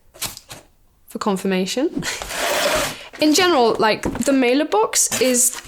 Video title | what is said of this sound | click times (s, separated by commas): How to fold a Packhelp Custom Mailer Box? | then when folding this side wait for the click for confirmation | 0.4 s